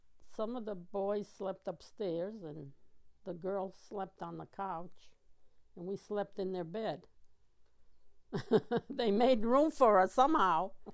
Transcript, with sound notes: some of the boys slept upstairs, and the girls slept on the couch, and we slept in their bed. ( she laughs ) They made room for us somehow.